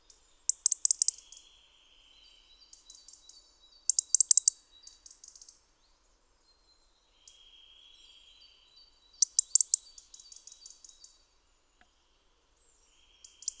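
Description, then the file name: European robin repeating dense bursts of high, rattling chirps separated by pauses, with faint thin whistles in between. "Erithacus rubecula"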